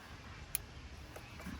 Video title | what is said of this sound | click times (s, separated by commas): How to change a 6.7 cummins injection pump | Heard a click. | 0.6 s